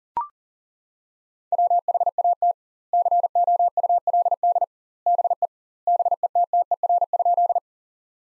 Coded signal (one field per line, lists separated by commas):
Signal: Morse code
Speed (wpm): 37 wpm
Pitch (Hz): 700 Hz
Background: none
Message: WHAT COULD BE BETTER?